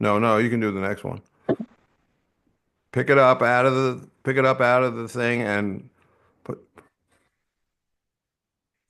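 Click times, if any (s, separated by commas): none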